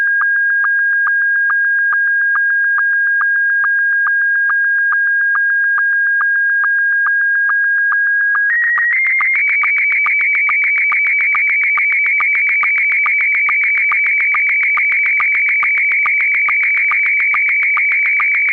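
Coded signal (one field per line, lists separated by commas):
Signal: SSTV (slow-scan television)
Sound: steady whistle stepping up in pitch, with fast rhythmic clicking blips throughout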